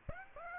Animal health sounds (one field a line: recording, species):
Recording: mosquito wingbeat signal from an infrared sensor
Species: Aedes aegypti